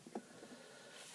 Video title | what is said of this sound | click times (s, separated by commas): Doctor Who Action Figure Review: The Eleven Doctors Set (Part 3 of 4) | like sort of press him down, you might be able to hear it click. | 0.2 s